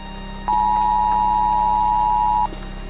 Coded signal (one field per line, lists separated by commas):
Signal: Emergency Alert System (SAME) tones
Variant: 853 and 960 Hz attention tone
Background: music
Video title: WW3 begins in RUSSIA | Fictional Radio Broadcast Experience | EAS